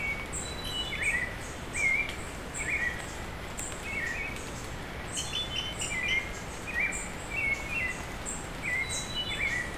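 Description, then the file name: Bird calling with short sliding chirps repeated many times, thin higher notes above them, over a steady hiss. Bird calling during rain falling on leaves. "Hi-Fi Nature Sounds - Beautiful Bird Call"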